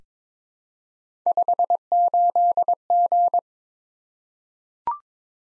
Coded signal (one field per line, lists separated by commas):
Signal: Morse code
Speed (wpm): 22 wpm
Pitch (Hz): 700 Hz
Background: none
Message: 58G